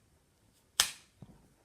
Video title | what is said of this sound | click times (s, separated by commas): My thoughts on making sheaths | locked up solid if you if you make it right so the blade click | 0.8 s